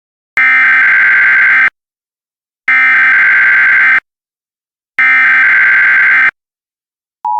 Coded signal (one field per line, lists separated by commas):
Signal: Emergency Alert System (SAME) tones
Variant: header bursts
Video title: EAS Mock Scenario - Indoor Waterpark & Loop Terrorism